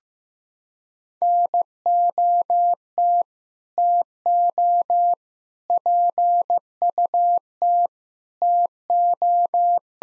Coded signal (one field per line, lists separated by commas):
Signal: Morse code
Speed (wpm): 16 wpm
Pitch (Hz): 700 Hz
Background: none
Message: NOT TO PUT TO